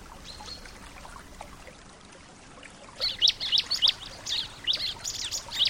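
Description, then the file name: Bar-winged prinia song: faint chirps, then a lively series of sharp high notes repeated several times a second. Nature therapy recording for a ciblek that has stopped singing ('macet'). "terapi alam ciblek macet"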